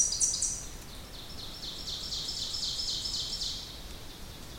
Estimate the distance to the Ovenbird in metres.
about 55 m